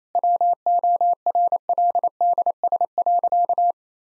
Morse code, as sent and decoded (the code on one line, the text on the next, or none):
.-- --- .-. .-.. -.. ... .-.-.-
WORLDS.